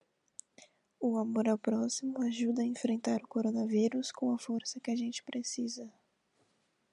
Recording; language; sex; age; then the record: spoken sentence; Brazilian Portuguese; female; 20 to 29 years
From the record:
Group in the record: control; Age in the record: 20 years